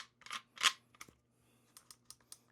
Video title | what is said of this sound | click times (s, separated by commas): HOW TO PUT TOGETHER AND CLEAN THE ACE-R 12GA | She's locked in. | 0.7 s